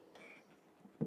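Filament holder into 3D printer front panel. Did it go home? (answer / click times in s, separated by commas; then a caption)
no / none. Filament holder number two is handled at the bottom front position of a Snapmaker U1 3D printer's front panel, with soft handling noise and a rise at about 0.2 s. A stronger burst comes right at the end of the clip, but nothing has seated or clicked yet.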